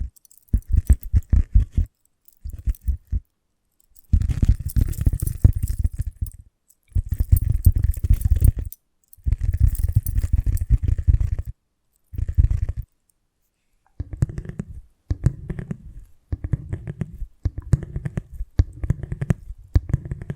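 Invisible tapping and scratching comes in short bursts of rapid, rattling taps separated by brief silences. The first half is heavier and denser, with strong low thumps. From about 14 seconds the bursts turn lighter and thinner, with a rising, brushing scratch within each.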